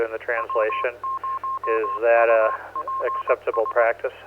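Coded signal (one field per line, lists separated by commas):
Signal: Morse code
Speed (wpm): 20 wpm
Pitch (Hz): 1060 Hz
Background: speech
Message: W0UPS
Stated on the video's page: Net on the 447.275 repeater, also on the 447.750 repeater and Echolink.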